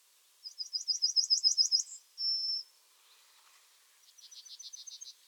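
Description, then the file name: Yellowhammer singing a fast rattle of about ten high notes ending in a sustained thin note, then a fainter chipping series begins. "Yellowhammer Emberiza citrinella"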